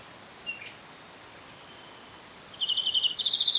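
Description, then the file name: European greenfinch giving a faint single chirp, a long quiet pause, then a clear rapid rolling trill rising slightly in pitch at the end. "Chloris chloris"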